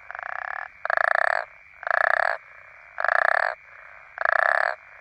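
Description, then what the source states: African common toad croaks: rasping, pulsed snores of under a second, five in a row with brief gaps, a constant thin whine behind them. Several African common toads calling.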